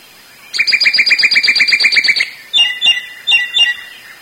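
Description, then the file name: Sooty-headed Bulbul calls: a fast run of many bright chirps, then two short phrases of two notes each. "suara burung samyong"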